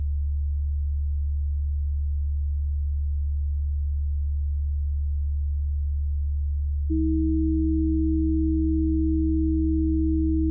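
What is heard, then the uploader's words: Pure sine tones sit perfectly steady, opening with a single low hum that holds unchanged. Near the seven-second mark, two higher tones abruptly join it, and the combined sound carries a faint beating as the close pitches interfere, continuing evenly to the end. Made with only pure sinusoidal signals. All rhythmic variation is observed due to pitch differences between the various signals interfering with each other constructively and destructively.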